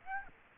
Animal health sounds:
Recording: mosquito wingbeat signal from an infrared sensor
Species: Aedes aegypti

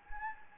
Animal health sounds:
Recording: mosquito wingbeat signal from an infrared sensor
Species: Anopheles gambiae

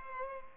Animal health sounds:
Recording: mosquito wingbeat signal from an infrared sensor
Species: Culex pipiens

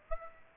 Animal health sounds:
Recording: mosquito wingbeat signal from an infrared sensor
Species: Aedes aegypti

